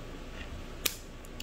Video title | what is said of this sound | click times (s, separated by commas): Feniex One Controller Functions and Programing | makes a click so you can tell that it's secured | 0.9 s